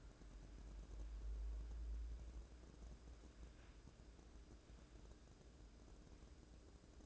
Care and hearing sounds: daily activity, microphone in the room; wipe stove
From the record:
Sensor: 2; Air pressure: 1012.2 hPa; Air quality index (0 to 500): 158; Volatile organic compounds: 2 ppm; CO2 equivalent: 1151 ppm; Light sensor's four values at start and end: 424/1128/419/452 and 424/1128/419/452

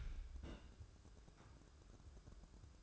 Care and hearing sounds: daily activity, microphone in the room; place on stove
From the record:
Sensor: 2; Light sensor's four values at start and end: 6/15/6/6 and 6/15/6/6

